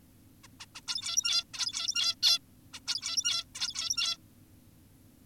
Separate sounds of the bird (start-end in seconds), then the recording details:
0.44-0.48, 0.60-0.66, 0.75-0.81, 0.88-1.44, 1.54-2.15, 2.23-2.39, 2.74-2.80, 2.87-3.45, 3.55-4.18. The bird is an adult. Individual g17y2U